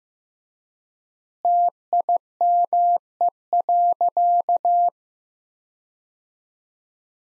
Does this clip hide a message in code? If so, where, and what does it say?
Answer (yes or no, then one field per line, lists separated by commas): yes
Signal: Morse code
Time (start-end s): 1.4-4.9 s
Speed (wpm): 15 wpm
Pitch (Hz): 700 Hz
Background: none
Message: TIME.